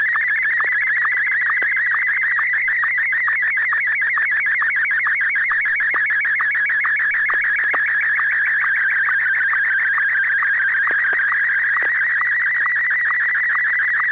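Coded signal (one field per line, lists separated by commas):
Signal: SSTV (slow-scan television)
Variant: Martin 1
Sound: warbling, buzzy tone scanning steadily, with a regular short low chirp about twice a second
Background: low electrical hum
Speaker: AI6DG. Are you ready to send an image?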